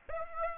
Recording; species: mosquito wingbeat signal from an infrared sensor; Aedes aegypti